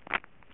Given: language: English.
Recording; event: throat vibration sensor signal played as sound; swallow